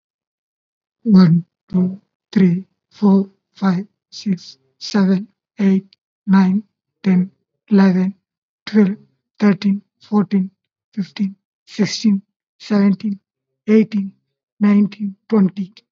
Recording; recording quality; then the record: counting at a normal pace; excellent, no background noise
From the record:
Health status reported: COVID-19 positive, mild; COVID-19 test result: positive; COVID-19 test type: RT-PCR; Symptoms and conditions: cough, fever, muscle pain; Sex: male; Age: 41 years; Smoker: no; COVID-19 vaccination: both doses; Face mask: worn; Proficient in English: yes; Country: India